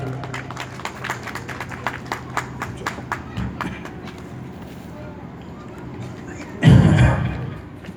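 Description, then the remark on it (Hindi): An audience claps together in a steady, rhythmic beat during the garlanding of the Maharaj at a Shri Hanuman Chalisa katha in Asurkoda, Silli, Ranchi, Jharkhand, fading over a few seconds, followed by a brief, louder burst of crowd noise near the end. “जोरदार एक बार ताली।”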